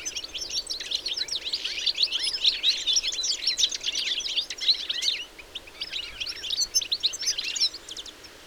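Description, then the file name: European goldfinch twittering: a busy stream of quick tinkling chirps, with a short lull after about five seconds, then resuming. "Carduelis carduelis"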